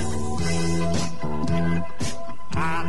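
A rock song cover plays from a recording, with sustained, harmonically rich notes shifting in a steady rhythm about twice a second at an even, moderate loudness, and no talking.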